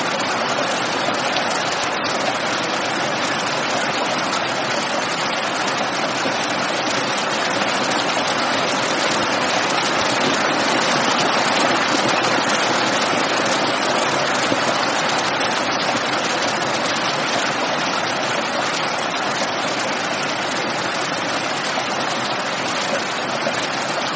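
Dense, fine rain falls steadily and evenly, a thick continuous hiss spread from low to bright tones with no pauses. The level barely changes across the whole stretch, and no distinct thunderclaps or other sounds stand out above the constant patter.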